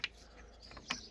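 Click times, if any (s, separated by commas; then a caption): none. A Farad roof rack foot is handled at its roof mounting point on a BMW E92 after tightening, ready to be pushed down onto the mount. Two brief, sharp ticks sound at about 0.0 s and 0.9 s over a quiet background. Nothing has seated or clicked into place yet.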